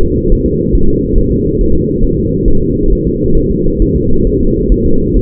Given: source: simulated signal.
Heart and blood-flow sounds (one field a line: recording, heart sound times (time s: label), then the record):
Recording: fetal heart sounds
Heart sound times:
0.03 s: S2
0.32 s: S1
0.46 s: S2
0.75 s: S1
0.89 s: S2
1.18 s: S1
1.32 s: S2
1.61 s: S1
1.75 s: S2
2.04 s: S1
2.19 s: S2
2.48 s: S1
2.62 s: S2
2.92 s: S1
3.07 s: S2
3.37 s: S1
3.51 s: S2
3.82 s: S1
3.96 s: S2
4.27 s: S1
4.41 s: S2
4.72 s: S1
4.86 s: S2
5.16 s: S1
From the record:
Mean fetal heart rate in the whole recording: 135 bpm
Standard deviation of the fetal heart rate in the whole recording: 3 bpm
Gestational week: 36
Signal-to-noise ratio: -17.7 dB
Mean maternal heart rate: 72 bpm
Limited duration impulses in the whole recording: present